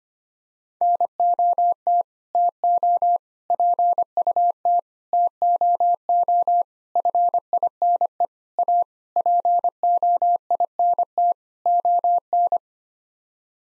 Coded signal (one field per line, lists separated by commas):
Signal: Morse code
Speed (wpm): 25 wpm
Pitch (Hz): 700 Hz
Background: none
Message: NOT TO PUT TOO FINE A POINT ON